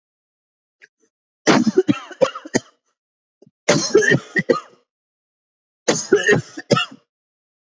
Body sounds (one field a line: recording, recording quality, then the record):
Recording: heavy voluntary cough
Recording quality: excellent, no background noise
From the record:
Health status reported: healthy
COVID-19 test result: not tested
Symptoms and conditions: none ticked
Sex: male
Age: 31 years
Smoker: not ticked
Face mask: not worn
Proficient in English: yes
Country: India